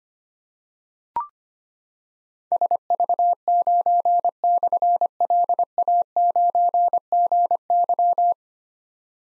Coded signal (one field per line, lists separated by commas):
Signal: Morse code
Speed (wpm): 25 wpm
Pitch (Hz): 700 Hz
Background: none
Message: SV9/LA9GY